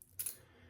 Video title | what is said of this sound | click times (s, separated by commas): Just Shaves - Merkur Progress vs. Gillette 195 Fatboy | to turn it to, and it clicks into place. And it goes 1 through 9 with half steps in between. | 0.0 s, 0.1 s, 0.3 s